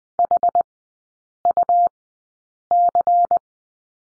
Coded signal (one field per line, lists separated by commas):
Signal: Morse code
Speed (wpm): 20 wpm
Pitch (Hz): 700 Hz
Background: none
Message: HUC